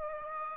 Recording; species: mosquito wingbeat signal from an infrared sensor; Aedes aegypti